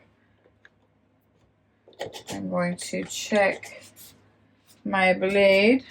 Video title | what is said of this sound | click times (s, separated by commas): Using My Cricut to Make the Keychain Display Cards for the Seniors | all right open the clamps put it in until it clicks and then close it back | 0.7 s